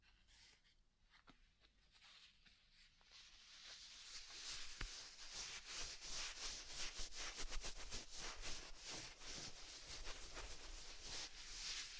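Soft, fluffy ear-tingle triggers: quiet brushing and rubbing that starts near silent for the first few seconds, then builds into a dense, fast run of crisp, bright scratchy strokes from about four seconds on, with a low muffled thump near five seconds.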